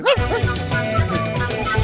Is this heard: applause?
no